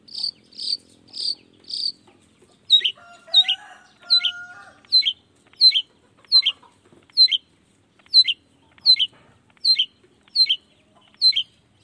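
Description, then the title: Long-tailed shrike song: sharp high chips repeated steadily, a little faster than once a second, with a few lower drawn-out whistles mixed in partway. Morning singing of a vigorous long-tailed shrike with 'toet toet' sound variations, intended to stimulate lazy shrikes into singing along. "Cendet Gacor Dor Di Kala Pagi Toet Toet Variasi Suara. Cendet Gacor Di Pagi Hari Rangsangan Emosi Cendet Malas Bunyi Supaya Secepatnya Ikutan Bunyi"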